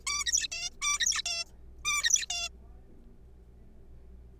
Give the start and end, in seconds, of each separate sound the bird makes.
0.07-0.26, 0.26-0.47, 0.52-0.70, 0.82-0.99, 1.00-1.22, 1.26-1.45, 1.85-2.26, 2.30-2.49